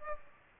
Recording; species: mosquito wingbeat signal from an infrared sensor; Aedes aegypti